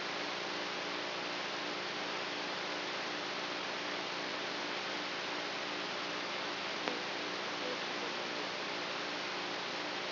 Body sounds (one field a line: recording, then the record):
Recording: brain microelectrode recording played as sound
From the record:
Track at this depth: outside the subthalamic nucleus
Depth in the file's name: 0.407 mm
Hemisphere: right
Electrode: 3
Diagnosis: Parkinson's disease